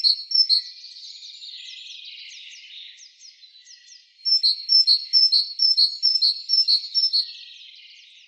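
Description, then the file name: Great tit song: clear paired high notes, then a quieter patch of twittering and short falling notes, then a longer run of the same ringing two-note phrases. "Parus major"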